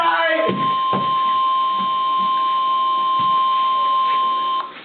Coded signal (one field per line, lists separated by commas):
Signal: Emergency Alert System (SAME) tones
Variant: 1050 Hz attention tone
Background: speech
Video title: Extreme Calamity III: Bloody Tuesday! EAS Alerts from 7/21/2026 (EAS 651-678)